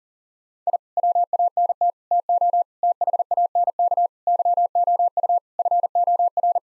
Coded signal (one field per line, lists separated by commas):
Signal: Morse code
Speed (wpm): 40 wpm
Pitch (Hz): 700 Hz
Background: none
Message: I WANT TO THANK YOU FOR